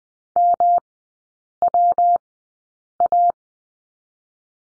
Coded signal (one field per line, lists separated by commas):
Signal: Morse code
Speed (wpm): 20 wpm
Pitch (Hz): 700 Hz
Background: none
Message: MWA